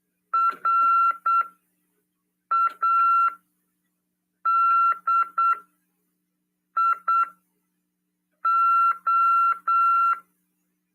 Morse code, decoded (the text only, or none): RADIO